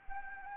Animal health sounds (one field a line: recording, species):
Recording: mosquito wingbeat signal from an infrared sensor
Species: Anopheles arabiensis